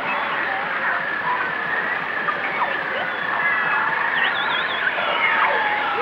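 Whale sounds: overlapping moans, sweeping upward and downward whoops and a brief wavering trill, layered over constant background hiss.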